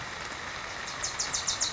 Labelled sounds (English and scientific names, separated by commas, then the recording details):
Wilson's Warbler (Cardellina pusilla)
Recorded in Sonoma County, California